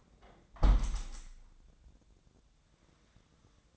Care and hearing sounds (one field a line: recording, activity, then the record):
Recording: daily activity, microphone in the room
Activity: close window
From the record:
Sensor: 3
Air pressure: 1012.3 hPa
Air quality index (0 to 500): 144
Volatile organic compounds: 2 ppm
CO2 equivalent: 1109 ppm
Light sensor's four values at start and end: 345/848/352/351 and 342/842/349/347